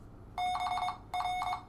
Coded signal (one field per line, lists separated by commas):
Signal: Morse code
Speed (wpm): 22 wpm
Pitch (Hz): 730 Hz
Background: none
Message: BR